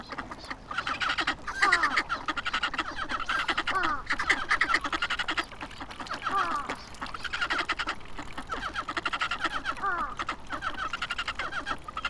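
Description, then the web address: Ducks calling as a flock: dense, overlapping chattering and quacking notes that rise and fall in bursts, with steady background noise throughout. Duck on the Abukuma River on 29 November 2025. "nagahata abukuma duck river 20251129"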